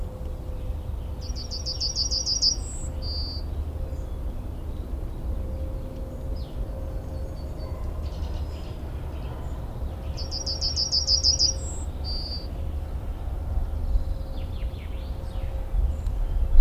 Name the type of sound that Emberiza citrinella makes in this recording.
song